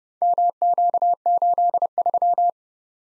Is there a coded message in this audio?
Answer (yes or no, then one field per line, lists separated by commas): yes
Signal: Morse code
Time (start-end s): 0.2-2.5 s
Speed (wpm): 34 wpm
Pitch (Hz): 700 Hz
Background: none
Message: MQ83